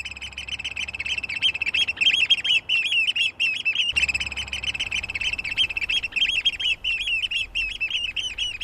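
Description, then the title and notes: Eurasian oystercatcher piping calls, shrill and continuous throughout. Call described as shrill. "Viikon luontoääni: Meriharakka. Juha Laaksonen"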